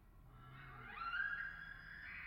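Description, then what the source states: Elk bugle, a low droning tone that sweeps up into a high, clear whistle and holds. Bulls bugling with cows in the distance, Colockum Wildlife Area, last week before firearm hunting season; distant bugles reverberate off hillsides and forest.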